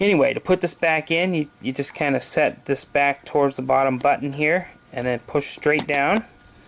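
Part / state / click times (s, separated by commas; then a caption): drive assembly into paintball loader shell / not seated / none. Someone talks while handling a paintball loader's internal drive/tray assembly, setting it back toward the bottom button so it can be pushed straight down into the plastic loader shell. Nothing has seated or clicked yet; the clip ends before the assembly locks into place.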